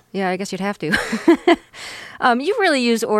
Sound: laughter

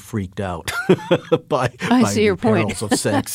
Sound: laughter

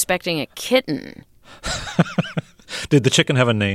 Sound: soundbite of laughter

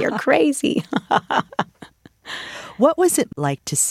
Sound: laughter

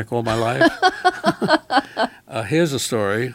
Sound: soundbite of laughter

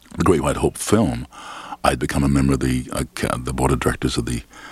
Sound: none

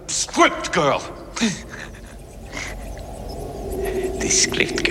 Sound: chuckles

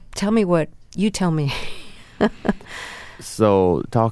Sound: laughter

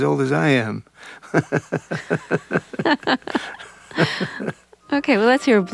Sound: laughter

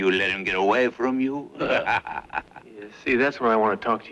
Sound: laughs

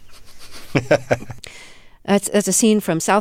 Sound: soundbite of laughter

